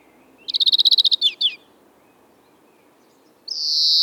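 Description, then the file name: European greenfinch song: a quick rattling trill with two twittered notes, a pause, then the start of a drawn-out wheeze. "Chloris chloris"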